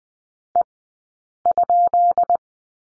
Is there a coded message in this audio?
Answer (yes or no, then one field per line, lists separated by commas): yes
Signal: Morse code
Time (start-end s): 0.6-2.4 s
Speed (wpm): 20 wpm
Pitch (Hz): 700 Hz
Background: none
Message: E?